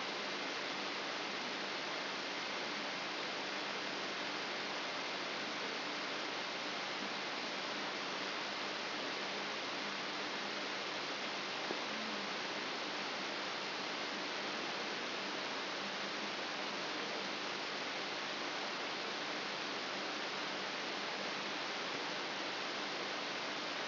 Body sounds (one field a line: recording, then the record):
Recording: brain microelectrode recording played as sound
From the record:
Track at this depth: outside the subthalamic nucleus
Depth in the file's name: 6.101 mm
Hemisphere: left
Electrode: 3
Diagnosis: Parkinson's disease